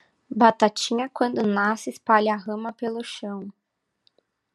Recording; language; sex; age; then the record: short text; Brazilian Portuguese; female; 20 to 29 years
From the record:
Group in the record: control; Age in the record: 22 years